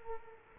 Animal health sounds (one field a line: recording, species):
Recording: mosquito wingbeat signal from an infrared sensor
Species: Culex quinquefasciatus